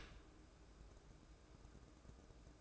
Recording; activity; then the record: daily activity, microphone in the room; open dishwasher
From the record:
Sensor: 2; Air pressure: 1012.1 hPa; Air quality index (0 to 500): 148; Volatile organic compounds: 2 ppm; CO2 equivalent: 1082 ppm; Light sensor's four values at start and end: 406/1010/407/415 and 406/1010/407/415